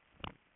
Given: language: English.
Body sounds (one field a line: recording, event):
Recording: throat vibration sensor signal played as sound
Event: swallow